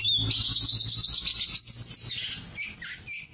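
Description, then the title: Oriental magpie-robin singing a fast, dense run of high twittering and whistled notes, ending in a few lower slurred phrases, over a steady low hum. "Suara Kicauan Burung Kacer"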